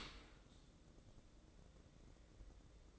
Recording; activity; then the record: daily activity, microphone in the room; open dishwasher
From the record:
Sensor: 3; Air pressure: 1012.3 hPa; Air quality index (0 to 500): 158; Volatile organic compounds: 2 ppm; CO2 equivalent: 1211 ppm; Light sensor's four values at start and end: 443/1087/445/434 and 445/1090/447/435